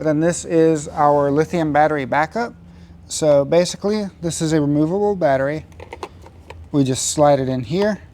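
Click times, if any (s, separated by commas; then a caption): none. Someone talks while sliding a removable lithium backup battery into its holder on the back of a Golden Cloud Supreme PR519 lift recliner. A few short handling knocks are heard around 5.9 to 6.5 seconds. The battery has not yet seated or locked in place when the clip ends.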